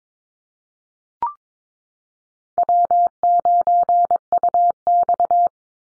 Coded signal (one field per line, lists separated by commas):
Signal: Morse code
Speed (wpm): 22 wpm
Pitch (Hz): 700 Hz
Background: none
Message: W9UX